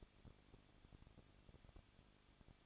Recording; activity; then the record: daily activity, microphone in the room; no activity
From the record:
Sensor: 4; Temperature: 23.1 degrees Celsius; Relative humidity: 34.1%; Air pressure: 1007.2 hPa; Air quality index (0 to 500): 214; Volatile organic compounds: 14 ppm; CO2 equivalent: 2473 ppm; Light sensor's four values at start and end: 2/3/1/1 and 2/3/1/1